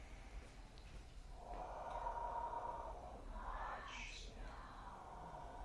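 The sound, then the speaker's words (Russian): A long, airy inhalation drawn through the nose, a steady rushing breath lasting a couple of seconds, followed by a second, shorter sniffing intake with a slightly higher, hissier edge. “И пошел вдох. Прям туда в ажню дышим.”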